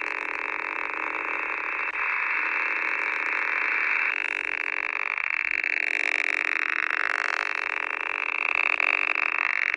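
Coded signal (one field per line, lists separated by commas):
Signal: unidentified radio signal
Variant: Russian buzzer type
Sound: a continuous harsh rasping buzz with rapid pulsing, steady for the whole clip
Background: radio static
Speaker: you can see in my video here some of the frequencies I start my video with the actual catch on my xh data d808 and then for a change I'm showing some catches on the web SDR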